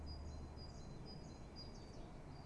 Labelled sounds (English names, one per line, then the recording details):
Great Tit
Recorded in Germany
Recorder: ecoPi